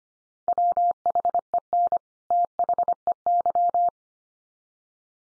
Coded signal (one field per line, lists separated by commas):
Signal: Morse code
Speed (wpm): 25 wpm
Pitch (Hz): 700 Hz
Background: none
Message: WHEN THEY